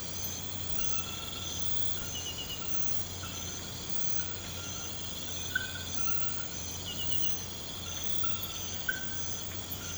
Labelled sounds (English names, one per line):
none